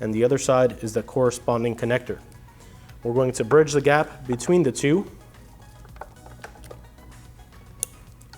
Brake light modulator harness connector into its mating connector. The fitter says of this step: and please make sure as you insert both of these you do hear the audible click